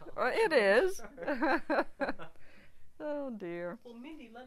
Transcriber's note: they laugh